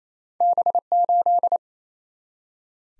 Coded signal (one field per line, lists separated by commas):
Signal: Morse code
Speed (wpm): 28 wpm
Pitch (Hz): 700 Hz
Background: none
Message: B8